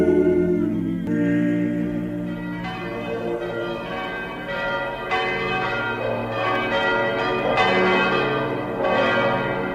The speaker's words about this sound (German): Das sind die Glocken von Schellenberg. Der Ort liegt auf einer Anhöhe, hat eine schöne Kirche und wie Sie hören, ein großes Geläute.